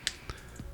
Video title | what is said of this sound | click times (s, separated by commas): Ultimate guide to laying Marklin K-tracks | cover which is snapped in place there | 0.1 s